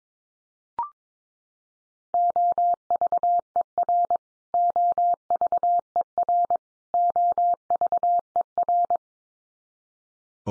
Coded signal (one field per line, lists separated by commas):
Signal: Morse code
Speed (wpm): 22 wpm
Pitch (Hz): 700 Hz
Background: none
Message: OVER OVER OVER